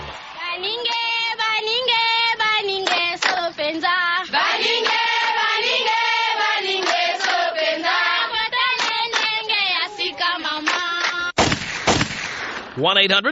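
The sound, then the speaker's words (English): Sharp gunshot bursts crack repeatedly over loud, chanting tribal-style music, with a heavier blast near the end before the music surges back. “Now, hey, can you take me out tribal with gunshots?”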